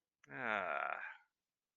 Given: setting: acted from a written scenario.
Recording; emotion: vocal sound without words; ecstasy